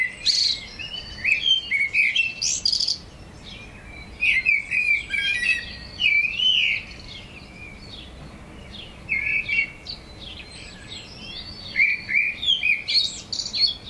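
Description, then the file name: Eurasian blackbird song: mellow fluted warbling phrases ending in higher squeaky twitters, in several bursts with quieter gaps between. "Turdus merula"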